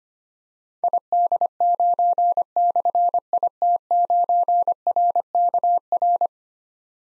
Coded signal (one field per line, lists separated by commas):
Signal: Morse code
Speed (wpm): 25 wpm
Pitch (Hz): 700 Hz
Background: none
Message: ID9/IT9RKR